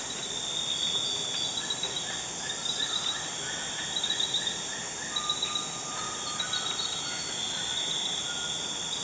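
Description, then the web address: Antshrike song, a run of evenly spaced hollow notes, then a few lower notes, over a steady shrill insect chorus. "cantos batarapiza"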